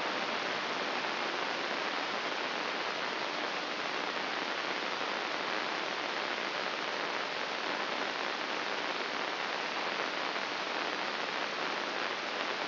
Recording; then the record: brain microelectrode recording played as sound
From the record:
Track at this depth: inside the subthalamic nucleus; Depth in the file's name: 4.585 mm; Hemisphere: left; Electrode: 2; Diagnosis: Parkinson's disease